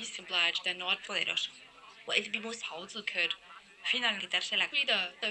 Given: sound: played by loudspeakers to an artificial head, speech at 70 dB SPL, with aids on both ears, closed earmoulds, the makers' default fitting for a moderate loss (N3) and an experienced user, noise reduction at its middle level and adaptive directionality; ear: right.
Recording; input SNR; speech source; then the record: speech test signal (ISTS) in cocktail-party noise; +9 dB; in front (0 degrees)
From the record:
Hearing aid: class 1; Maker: I